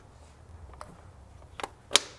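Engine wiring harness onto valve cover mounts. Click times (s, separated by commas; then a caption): 2.0 s. A plastic engine wiring harness is pushed back into its mounts on the valve cover of a BMW E53 X5 with the M54 engine after a valve cover gasket replacement. Faint ticks at about 0.7 and 0.8 seconds and a sharper tick at 1.6 seconds lead up to a loud, bright click at 2.0 seconds as the harness seats into place.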